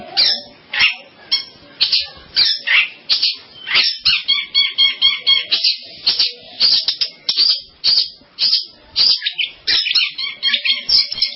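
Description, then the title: Long-tailed shrike song, sharp harsh notes repeated about twice a second, with a rapid stuttering trill passage in the middle. "Kicau Burung Pentet"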